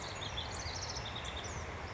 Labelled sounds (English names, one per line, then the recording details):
House Wren
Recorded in Sonoma County, California